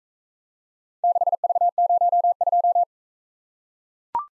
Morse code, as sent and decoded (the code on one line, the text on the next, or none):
-.... ...- ----- ..---
6V02